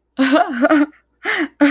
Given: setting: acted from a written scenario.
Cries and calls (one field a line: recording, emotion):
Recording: vocal sound without words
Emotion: amusement